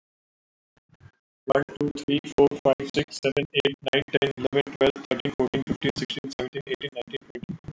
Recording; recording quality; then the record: counting at a fast pace; excellent, no background noise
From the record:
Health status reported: healthy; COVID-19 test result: not tested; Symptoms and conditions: none ticked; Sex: male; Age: 47 years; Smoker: not ticked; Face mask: not worn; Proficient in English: yes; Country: India